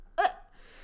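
A single sharp, brief voiced 'hic' from an adult woman, lasting just over a tenth of a second, then quiet room tone. This is an ordinary hiccup, the sudden catch of breath as the diaphragm jerks and the vocal cords snap shut.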